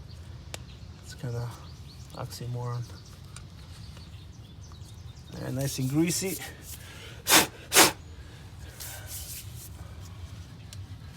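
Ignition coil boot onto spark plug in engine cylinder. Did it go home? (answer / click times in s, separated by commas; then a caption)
yes / 10.7 s. A 2006 Mini Cooper S R53 has its ignition coil/plug boot pushed down onto the spark plug in engine cylinder two until it seats. Someone talks while faint handling sounds are heard, and two louder broadband bursts come near 7.3 and 7.8 seconds. A sharp, positive click at 10.7 seconds marks the boot seating on the plug.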